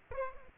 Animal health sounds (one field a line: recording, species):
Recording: mosquito wingbeat signal from an infrared sensor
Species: Aedes aegypti